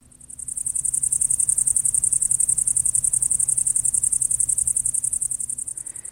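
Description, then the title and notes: Great green bush-cricket stridulating, a very high, steady buzzing trill of rapid even pulses that swells in, runs unbroken and fades at the end, with a faint low hum beneath. Male stridulating, rubbing a toothed row on the left forewing against a ridge on the right forewing; song carries up to 100 m but is so high-pitched people hear only its lowest parts. "Viikon luontoääni: Lehtohepokatti. Juha Laaksonen"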